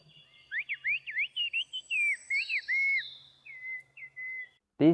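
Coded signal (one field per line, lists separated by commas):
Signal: whistled language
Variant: Turkish kuş dili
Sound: a rapid run of about a dozen rising and falling whistled syllables, then a voice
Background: brief speech at end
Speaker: if you think you just heard some bird singing you are wrong this is Kush also known as the Turkish bird language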